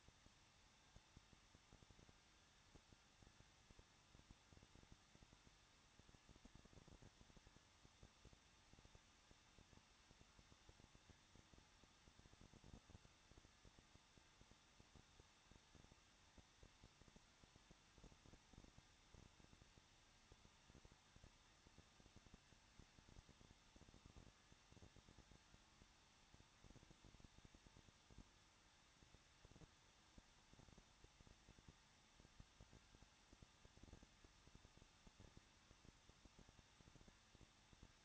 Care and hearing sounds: daily activity, microphone in the room; no activity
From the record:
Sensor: 3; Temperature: 21.2 degrees Celsius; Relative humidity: 36.2%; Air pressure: 1006.5 hPa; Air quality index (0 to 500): 220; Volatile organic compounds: 39 ppm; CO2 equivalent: 3125 ppm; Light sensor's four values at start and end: 2/3/2/2 and 2/3/2/2

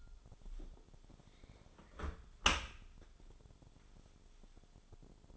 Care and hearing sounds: daily activity, microphone in the room; close dishwasher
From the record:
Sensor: 5

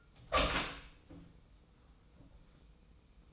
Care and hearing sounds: daily activity, microphone in the room; open door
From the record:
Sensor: 1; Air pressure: 990.4 hPa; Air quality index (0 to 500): 159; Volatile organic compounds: 1000 ppm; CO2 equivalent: 5783 ppm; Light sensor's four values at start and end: 33/74/32/34 and 32/73/32/34

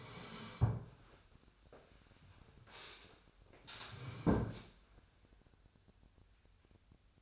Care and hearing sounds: daily activity, microphone in the room; sit down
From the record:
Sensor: 2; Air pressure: 1015.0 hPa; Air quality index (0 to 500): 168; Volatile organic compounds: 9 ppm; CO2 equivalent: 2188 ppm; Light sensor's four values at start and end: 12/33/13/14 and 12/33/13/14

